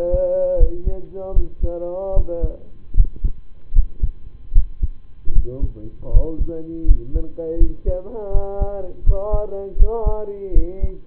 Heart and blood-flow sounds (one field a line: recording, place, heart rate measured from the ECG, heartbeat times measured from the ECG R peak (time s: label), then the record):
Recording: heart sounds by stethoscope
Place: between the tricuspid and mitral areas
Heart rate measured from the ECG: 78 bpm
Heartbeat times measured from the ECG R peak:
0.57 s: heartbeat
1.33 s: heartbeat
2.13 s: heartbeat
2.94 s: heartbeat
3.72 s: heartbeat
4.52 s: heartbeat
5.32 s: heartbeat
6.10 s: heartbeat
6.85 s: heartbeat
7.57 s: heartbeat
8.31 s: heartbeat
9.03 s: heartbeat
9.76 s: heartbeat
10.52 s: heartbeat
From the record:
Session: rest, lying down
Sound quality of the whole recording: partially saturated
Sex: male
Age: 25 years